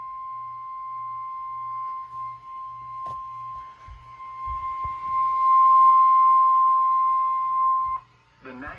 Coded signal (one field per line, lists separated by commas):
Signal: Emergency Alert System (SAME) tones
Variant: 1050 Hz attention tone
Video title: SMW EAS 286